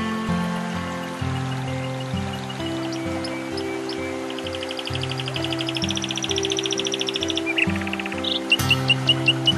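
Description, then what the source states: Canary song mostly low in the mix: scattered chirps, then a long rapid trill and a few sharp notes near the end, over prominent sustained low tones. Canary song combined with nature sounds.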